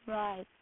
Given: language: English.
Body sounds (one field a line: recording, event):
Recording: throat vibration sensor signal played as sound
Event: speech